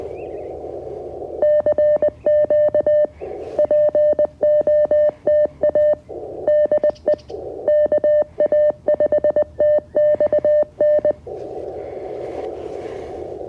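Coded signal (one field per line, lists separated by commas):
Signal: Morse code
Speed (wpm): 20 wpm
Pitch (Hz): 600 Hz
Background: none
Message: CQ POTA DE KA5TXN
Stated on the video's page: QRP CW Parks on the Air activation on 20m with a CFT1 transceiver, UMMP-1 key and OCF dipole antenna, in real time.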